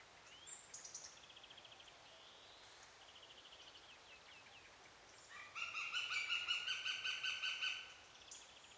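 Eurasian goshawk chattering call, a quick run of harsh repeated notes in the second half, after a few faint thin calls from other birds.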